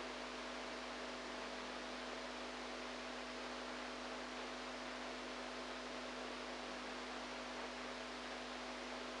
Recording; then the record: brain microelectrode recording played as sound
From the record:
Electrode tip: inside the subthalamic nucleus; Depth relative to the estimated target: -2 mm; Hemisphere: right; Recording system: NeuroSet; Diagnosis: Parkinson's disease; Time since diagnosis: 8 years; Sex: female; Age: 45 years